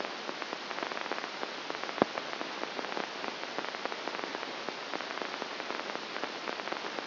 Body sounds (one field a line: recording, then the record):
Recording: brain microelectrode recording played as sound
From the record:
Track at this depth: inside the subthalamic nucleus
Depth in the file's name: 1.005 mm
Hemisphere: left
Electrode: 2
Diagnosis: Parkinson's disease